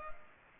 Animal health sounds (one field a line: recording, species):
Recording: mosquito wingbeat signal from an infrared sensor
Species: Culex pipiens